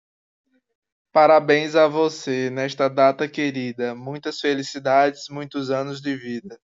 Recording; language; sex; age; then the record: short text; Brazilian Portuguese; male; 20 to 29 years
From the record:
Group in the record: control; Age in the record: 28 years